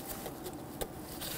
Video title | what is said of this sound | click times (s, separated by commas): How to Replace Vapor Canister Purge Solenoid Valve 2011-2019 Ford Explorer 3.5L V6 Duratec | push over and you're going to hear in F it lock into place | 0.8 s